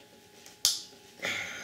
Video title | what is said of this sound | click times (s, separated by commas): LG 23" IPS Cinema Display Unboxing | was little, but yeah, the snap happened. | 0.7 s